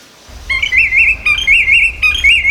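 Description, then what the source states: Willet call: three loud, ringing phrases in quick succession, each a clear whistled note followed by a wavering, rolling trill. Played recording.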